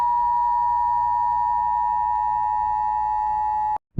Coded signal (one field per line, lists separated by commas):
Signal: Emergency Alert System (SAME) tones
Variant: 853 and 960 Hz attention tone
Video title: EAS Scenario - Hell REMASTERED (RE-UPLOAD)